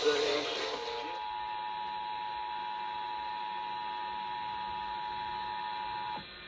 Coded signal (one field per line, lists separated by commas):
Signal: Emergency Alert System (SAME) tones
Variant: 853 and 960 Hz attention tone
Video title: August 2024 Texas Required Monthly Test (EAS #647-660)